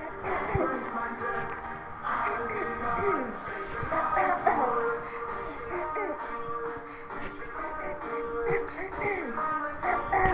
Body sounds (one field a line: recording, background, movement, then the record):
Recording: throat clearing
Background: music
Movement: walking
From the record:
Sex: female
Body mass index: 18.8 kg/m2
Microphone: on the chest, facing the body